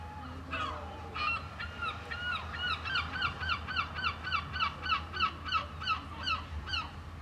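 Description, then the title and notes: Gull calling in a long run of sharp, nasal yelps, several a second, with a low steady hum underneath. Seagulls at Mers-les-Bains seafront, France, with waves in the distance and people walking past; recorded with DPA 4060 AB pair into Zoom F3. "66 Esp. du Général Leclerc, 80350 Mers-les-Bains, France - Seagulls and people. Seagulls, waves in the distance, people passing by. Mouettes, vagues dans le lointain, promeneur·euses"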